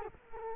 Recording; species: mosquito wingbeat signal from an infrared sensor; Culex quinquefasciatus